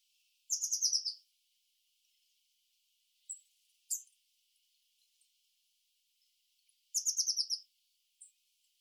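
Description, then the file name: Eurasian blue tit giving two loud, buzzy, stuttering churrs about six seconds apart, with brief high sharp notes between them. "Cyanistes caeruleus"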